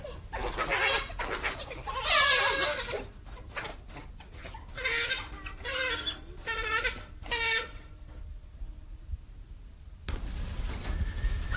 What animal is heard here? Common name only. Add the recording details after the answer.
African Wild Dog. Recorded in captivity. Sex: group. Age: adult. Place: Zoo Berlin, Berlin, DE. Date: 2007-08-28 17:20. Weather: sunny, 18°C. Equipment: Sony WM-D6C, Sennheiser ME 80, Kopie Uher 4000 Report Monitor. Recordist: Tembrock, Günter. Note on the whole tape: Begegnungen in Gruppe